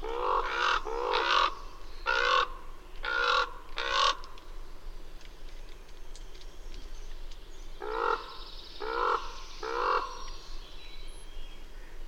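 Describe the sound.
Bird cawing hoarsely in two bursts, five rough calls then a pause and three more, over a low continuous hum.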